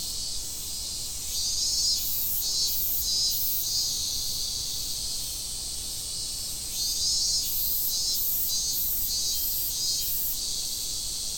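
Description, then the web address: Cicada drone, shrill and continuous, with two runs of regular pulsing bursts separated by a steadier stretch. Fukushima, 30 July 2015. "fukudai fu cicadda"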